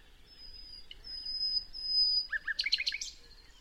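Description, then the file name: Common nightingale song: a few long, pure, level whistles held on one high pitch, then a rapid burst of sharp, repeated notes near the end. "Luscinia megarhynchos"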